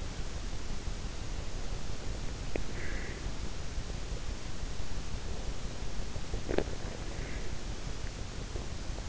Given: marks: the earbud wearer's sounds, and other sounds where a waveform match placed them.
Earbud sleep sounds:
sounds in sleep by an in-ear microphone; breath, teeth grinding
2.72-3.33 s: breath
6.26-6.84 s: teeth grinding

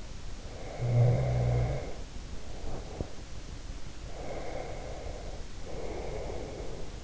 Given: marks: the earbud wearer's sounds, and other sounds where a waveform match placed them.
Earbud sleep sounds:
sounds in sleep by an in-ear microphone; snoring breath, breath
0.32-3.07 s: snoring breath
4.03-7.04 s: breath

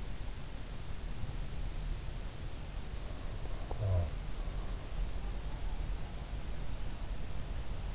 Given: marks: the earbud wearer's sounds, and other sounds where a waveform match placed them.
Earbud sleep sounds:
sounds in sleep by an in-ear microphone; snoring breath
3.58-4.36 s: snoring breath

